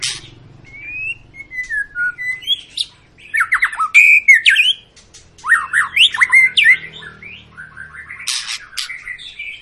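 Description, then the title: White-rumped shama song opening with soft slurred whistles, then louder rapid trills, harsh notes and high chips, a low hum faintly underneath. Long, energetic lure song of a white-rumped shama, used to prompt other birds to sing. "Pancingan Murai Batu Gacor Panjang"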